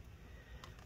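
On an Acer Swift 3 SF314-54 (SF314-54-53BQ) laptop, the two plastic locking tabs on the keyboard ribbon-cable connector on the motherboard are pinched back in to lock the cable in place. A short, sharp click is heard at 0.6 s, followed by a fainter one at 0.8 s, and the latch closes with the cable seated.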